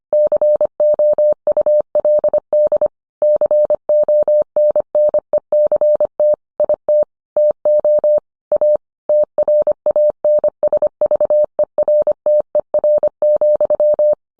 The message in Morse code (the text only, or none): COULD CONNECT IT TO A TRANSVERTER,